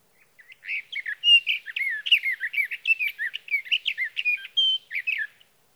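Sage thrasher song, a long, rapid run of warbled, slurred notes, continuous for about five seconds.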